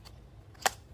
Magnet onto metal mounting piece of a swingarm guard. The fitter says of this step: So, that's the magnet when it's going to touch the other one, it's just going to click in place.